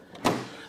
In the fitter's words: the click it locks in with those green tabs next